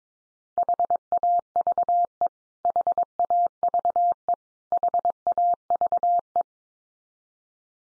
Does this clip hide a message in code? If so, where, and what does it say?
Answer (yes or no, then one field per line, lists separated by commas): yes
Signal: Morse code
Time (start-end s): 0.6-6.4 s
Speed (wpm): 22 wpm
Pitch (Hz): 700 Hz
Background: none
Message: HAVE HAVE HAVE